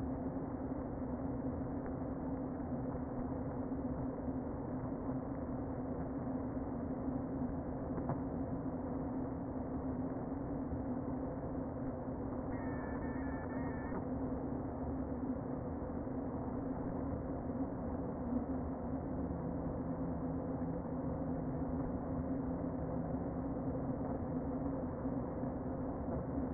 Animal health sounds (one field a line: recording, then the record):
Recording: honeybee colony, microphone inside the hive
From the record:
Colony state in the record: queen present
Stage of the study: before two queens were removed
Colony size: about 60,000 bees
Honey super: yes